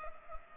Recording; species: mosquito wingbeat signal from an infrared sensor; Culex pipiens